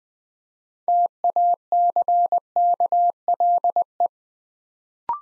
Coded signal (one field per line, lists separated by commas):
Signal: Morse code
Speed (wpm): 20 wpm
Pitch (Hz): 700 Hz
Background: none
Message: TACKLE